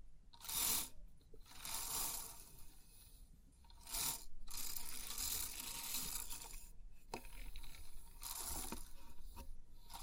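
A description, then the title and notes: A pin art toy is pressed and shifted, giving dense, crisp clicking and rattling of many small pins. The sound comes in bursts, with bright swells near 0.5, 4 and 8.5 seconds and short quiet gaps between, plus an occasional soft glassy tick. Crisp 3D Pin Art Tingles(No Talking).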